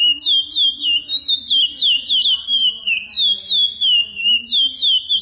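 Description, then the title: Chestnut-bellied seed finch singing a continuous, loud, undulating warble of quick slurred whistles, pulsing several times a second, with a steady low hum underneath. "Canto De Curio"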